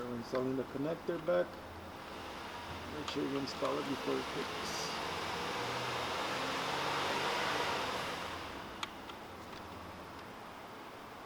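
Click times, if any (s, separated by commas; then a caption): none. While reinstalling the alternator on a 2018 Lincoln MKC Reserve 2.0L four-cylinder gas turbocharged engine, the wiring connector is handled into the alternator socket as someone talks over a steady mechanical hum. Short sharp handling sounds are heard near 8.8 and 9.1 seconds, but nothing has seated or clicked yet.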